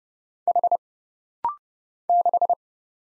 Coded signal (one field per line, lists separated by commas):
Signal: Morse code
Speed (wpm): 29 wpm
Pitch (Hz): 700 Hz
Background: none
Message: H 6